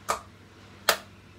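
A plastic window pane is pressed into its frame on a 1:12 scale model truck cab after several failed tries, the piece resisting going in. A sharp tick at 0.1 s is followed by a louder, crisp hit at 0.9 s as the pane seats home, with a faint tick near 1.4 s. The window is in place and did not snap.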